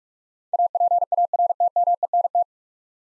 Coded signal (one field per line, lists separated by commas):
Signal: Morse code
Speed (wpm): 43 wpm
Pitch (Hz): 700 Hz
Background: none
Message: APARTMENT